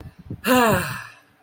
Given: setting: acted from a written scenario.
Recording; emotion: vocal sound without words; ecstasy